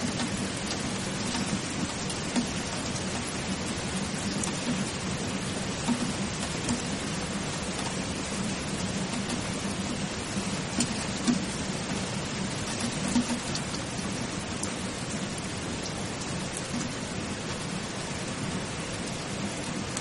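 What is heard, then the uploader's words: Rain falls in a steady, dense hiss across the full twenty seconds, with a low rumbling band underneath and faint crackling detail higher up. The level barely changes, with only a few slightly sharper drop sounds around eleven and thirteen seconds. Serene Rain Drops. The calming sound of rain drops.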